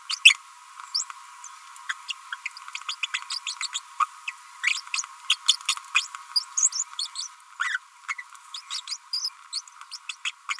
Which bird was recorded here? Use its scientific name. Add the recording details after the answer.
Forpus passerinus. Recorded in a nest box in Venezuela. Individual 18B25A5